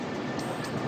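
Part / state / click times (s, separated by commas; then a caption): fan blade shear keys into fan hub slot / not seated / none. A Rolls-Royce jumbo jet engine fan blade is pushed into the metal fan hub so its two shear keys ride up toward their slot, under steady background music with no distinct sudden sounds. Nothing has seated or clicked yet; the shear keys have not clicked into the slot by the end of the clip.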